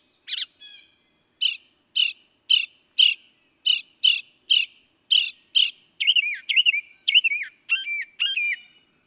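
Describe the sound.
Northern mockingbird singing: a series of sharp, harsh notes, then a switch to quick, warbled, downslurred whistles.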